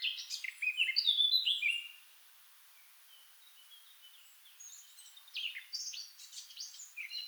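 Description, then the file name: Eurasian blackcap song, a loud warbled phrase with fluty notes, a quiet gap, then renewed fast chattering toward the end. "Sylvia atricapilla"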